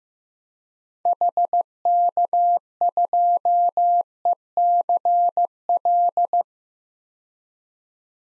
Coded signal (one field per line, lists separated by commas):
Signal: Morse code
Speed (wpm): 15 wpm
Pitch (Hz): 700 Hz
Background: none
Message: HK2ECL